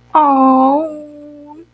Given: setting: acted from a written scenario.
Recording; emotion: vocal sound without words; adoration